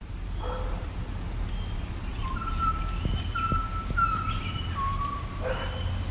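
Butcherbird calling: clear, fluted whistles held on steady pitches, with a few short higher notes, over a constant low rumble of background noise.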